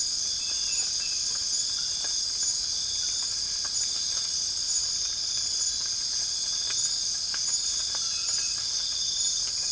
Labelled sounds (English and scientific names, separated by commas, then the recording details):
none
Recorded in dense forest near Puerto Asís, Putumayo, Colombia, on 12 March 2025 at 05:00
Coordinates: 0.485, -76.318
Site G056